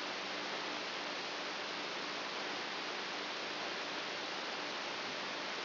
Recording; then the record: brain microelectrode recording played as sound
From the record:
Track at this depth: inside the subthalamic nucleus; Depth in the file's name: 4.64 mm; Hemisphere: right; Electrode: 2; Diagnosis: Parkinson's disease